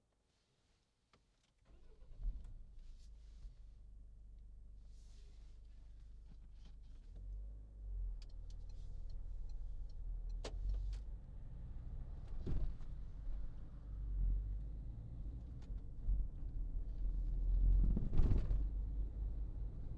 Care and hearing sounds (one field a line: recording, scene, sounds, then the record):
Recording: everyday scene through a hearing-aid microphone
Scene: in a vehicle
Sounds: engine starting, driving off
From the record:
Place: Berlingo II, diesel engine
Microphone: in the ear canal, left